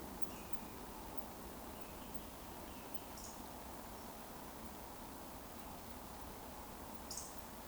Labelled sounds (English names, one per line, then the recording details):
Eurasian Woodcock whistle
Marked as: whistle, whistle, whistle
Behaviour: display flight
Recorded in Baden-Württemberg, Germany, on 11 June 2020 at 20:27 UTC
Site 14569, 102 m above sea level